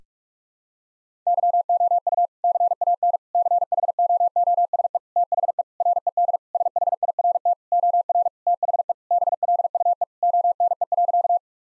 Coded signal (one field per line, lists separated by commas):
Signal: Morse code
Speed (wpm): 43 wpm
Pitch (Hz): 700 Hz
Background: none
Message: YOU CAN CHOOSE THE RED SHIRT OR THE BLUE ONE.